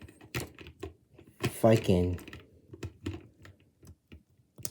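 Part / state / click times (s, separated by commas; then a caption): plastic chain piece into a minifigure hand or brick connection / seated / 4.6 s. A small plastic chain piece is pressed onto a hand or brick connection of a toy building-brick minifigure from the Avengers: Endgame Thor vs Chitauri set 76322, on a second try after an earlier attempt was given up. Someone talks briefly, then light tapping and fiddling sounds follow. A sharp click at 4.6 s marks the chain piece seating into place.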